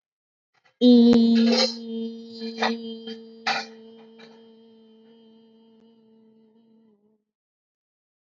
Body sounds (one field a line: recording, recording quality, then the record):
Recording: sustained vowel as in beet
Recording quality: excellent, no background noise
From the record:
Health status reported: healthy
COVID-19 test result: negative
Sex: female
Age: 19 years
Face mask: not worn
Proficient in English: yes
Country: India